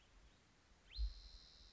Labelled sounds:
Spotted Towhee (Pipilo maculatus)
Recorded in Sonoma County, California

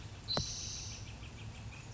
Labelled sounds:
Spotted Towhee (Pipilo maculatus)
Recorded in Sonoma County, California

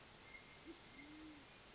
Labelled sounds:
Band-tailed Pigeon (Patagioenas fasciata)
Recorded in Sonoma County, California

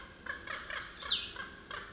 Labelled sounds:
Cassin's Vireo (Vireo cassinii)
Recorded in Sonoma County, California

